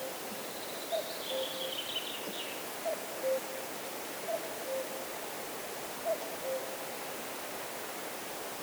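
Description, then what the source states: Common cuckoo repeating its falling two-note cu-coo four times, while a thin high trill from another bird sounds early on over faint hiss. Near the Laya river, Arkhangelsk Region, Russia; recorded on a Zoom H4n.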